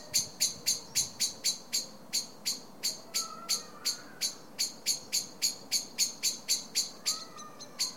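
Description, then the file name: Common blackbird call: steady string of sharp ticking notes, several a second, with faint thin whistles in the background. "Turdus merula"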